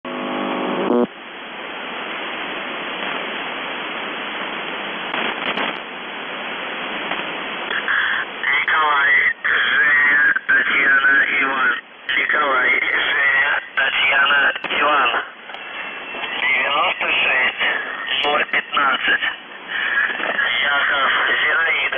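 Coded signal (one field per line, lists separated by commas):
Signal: numbers station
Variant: UVB-76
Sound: shortwave hiss, then a voice reading a short message through heavy static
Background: radio static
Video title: The Buzzer/UVB-76(4625Khz) June 24, 2021 07:54UTC Voice message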